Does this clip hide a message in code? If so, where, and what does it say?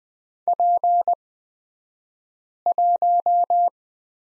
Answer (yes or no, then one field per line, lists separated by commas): yes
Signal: Morse code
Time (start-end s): 0.5-3.7 s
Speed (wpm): 20 wpm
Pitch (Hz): 700 Hz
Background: none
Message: P1